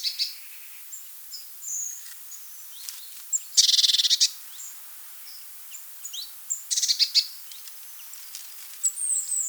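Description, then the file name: Eurasian blue tit calls: buzzy churring bursts and scattered high thin notes. "blaumeise"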